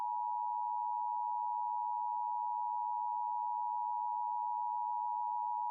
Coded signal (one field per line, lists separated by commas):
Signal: Emergency Alert System (SAME) tones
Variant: 853 and 960 Hz attention tone